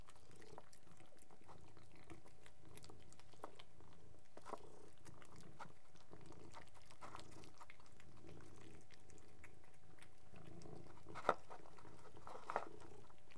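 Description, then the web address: Cat purring: a low pulsing hum with gentle swells, plus a couple of sharp clicks near the end. Three cats purring together. "BBC Sound Effects Library BBC 06-Animals and Birds 04 Three Cats Purring"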